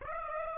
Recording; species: mosquito wingbeat signal from an infrared sensor; Aedes aegypti